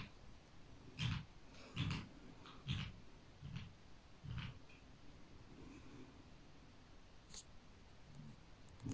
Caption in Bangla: নাক ডাকার শব্দ.